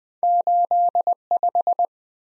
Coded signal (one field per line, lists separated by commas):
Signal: Morse code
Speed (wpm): 20 wpm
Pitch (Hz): 700 Hz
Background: none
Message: 85